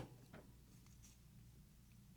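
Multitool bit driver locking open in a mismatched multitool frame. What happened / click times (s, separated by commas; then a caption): Handled, not yet seated: no locking click is heard / none. A quarter-inch bit driver swapped in from another multitool, fitted in a Leatherman Wave frame, is being handled as it is swung open toward its locked position. Only faint handling rustles and light taps sit over a steady low hum, with a soft one around 0.35 s. The driver has not locked or clicked into place yet.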